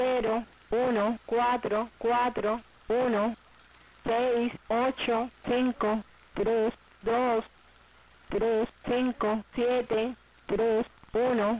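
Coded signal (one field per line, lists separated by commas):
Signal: numbers station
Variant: HM01, Spanish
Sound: a voice reading digits in groups, evenly paced, over a band-limited radio channel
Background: radio static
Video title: [HM01] Scheduled Transmission; 1. June 2020, 21:00 UTC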